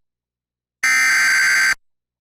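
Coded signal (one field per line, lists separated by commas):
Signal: Emergency Alert System (SAME) tones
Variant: header bursts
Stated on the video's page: Severe thunderstorm warning on TV, audio monitored from an EAS relay network stream.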